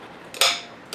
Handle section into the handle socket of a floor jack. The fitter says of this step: locks in place